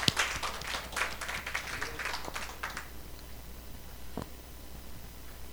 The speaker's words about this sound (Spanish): Dele ese aplauso al rey.